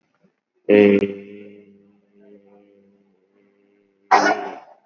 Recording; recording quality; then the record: sustained vowel as in made; moderate, slight background noise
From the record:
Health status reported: COVID-19 positive, mild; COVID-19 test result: positive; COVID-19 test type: RT-PCR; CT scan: not taken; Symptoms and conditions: sore throat, fever, fatigue, muscle pain, diarrhoea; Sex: male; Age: 38 years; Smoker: yes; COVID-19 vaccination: both doses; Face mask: not worn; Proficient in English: yes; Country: India